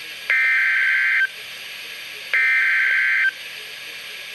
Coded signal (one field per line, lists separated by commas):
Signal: Emergency Alert System (SAME) tones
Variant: header bursts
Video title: Severe Thunderstorm Warning #3 - 04/09/15 (EAS #857)